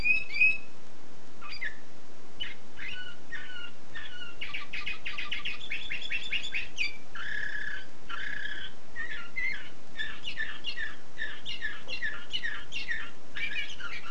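Canary song: rapid trills and chirped phrases of repeated notes, some buzzy and some whistled, running almost without pause over a steady background hiss.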